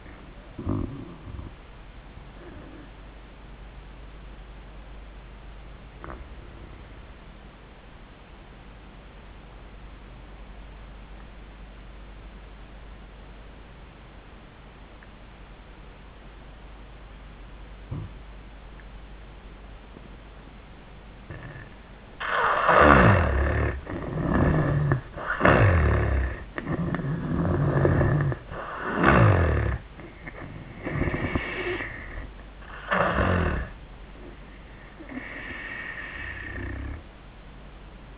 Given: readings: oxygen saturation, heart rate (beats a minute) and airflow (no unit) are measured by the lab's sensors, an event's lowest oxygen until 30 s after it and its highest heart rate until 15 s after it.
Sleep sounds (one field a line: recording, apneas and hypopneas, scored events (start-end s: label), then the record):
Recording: breathing in sleep by a voice recorder at the bedside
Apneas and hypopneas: 1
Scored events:
3.00-24.70 s: obstructive apnea (N2, oxygen 95% highest, then 80% lowest, heart rate 69 at the start, 94 highest)
27.00-38.18 s: new sleep stage, N1 (lightest sleep)
From the record:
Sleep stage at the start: N2 (light sleep)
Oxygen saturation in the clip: 79 to 95%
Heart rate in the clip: 69 to 94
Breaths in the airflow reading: 4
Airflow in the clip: -17.4 to 11.8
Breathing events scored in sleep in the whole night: 400 in 8.7 hours asleep